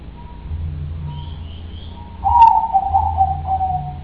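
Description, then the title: Dove cooing with a soft falling tone after a click, a faint high whistle heard earlier, over low rumble. "Canto Da Pomba"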